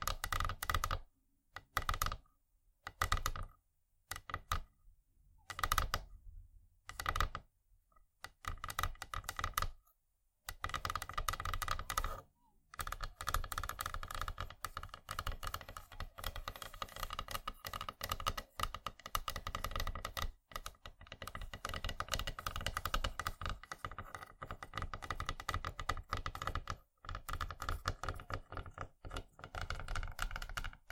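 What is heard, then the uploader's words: Wooden triggers tapped and clicked in quick, dense runs that resemble keyboard typing. The first ten seconds come in short bursts separated by silent gaps, then the clatter runs almost continuously with brief pauses near 12, 20 and 27 seconds. ASMR Wooden Triggers 1hour（No Talking）.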